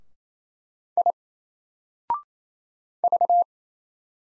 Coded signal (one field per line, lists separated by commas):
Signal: Morse code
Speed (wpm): 27 wpm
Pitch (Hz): 700 Hz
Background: none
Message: I V